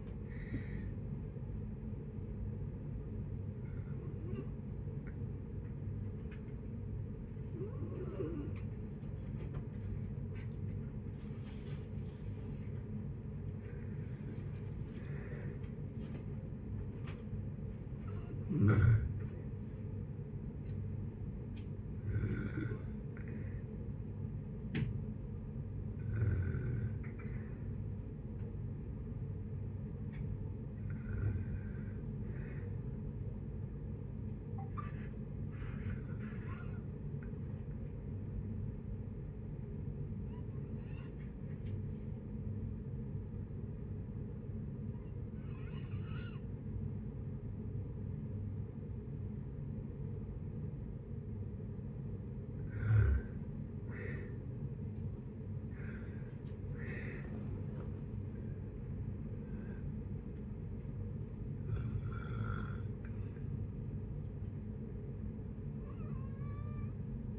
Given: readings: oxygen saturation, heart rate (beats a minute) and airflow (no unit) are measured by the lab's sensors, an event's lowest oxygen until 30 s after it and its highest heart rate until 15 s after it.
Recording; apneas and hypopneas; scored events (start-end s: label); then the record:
breathing in sleep by a smartphone at the bedside; 2
3.00-15.50 s: hypopnea (N1, oxygen 96% highest, then 94% lowest, heart rate 65 at the start, 65 highest)
15.00-45.00 s: new sleep stage, N2 (light sleep)
35.00-54.30 s: hypopnea (N2, oxygen 96% highest, then 84% lowest, heart rate 62 at the start, 76 highest)
45.00-67.39 s: new sleep stage, N1 (lightest sleep)
From the record:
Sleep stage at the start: N1 (lightest sleep); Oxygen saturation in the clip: 78 to 97%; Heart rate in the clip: 56 to 76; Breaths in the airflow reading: 16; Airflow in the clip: -7.2 to 8.7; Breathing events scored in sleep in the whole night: 496 in 5.4 hours asleep